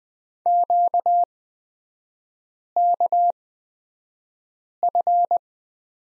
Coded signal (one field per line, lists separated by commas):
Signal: Morse code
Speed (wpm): 20 wpm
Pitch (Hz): 700 Hz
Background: none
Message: QKF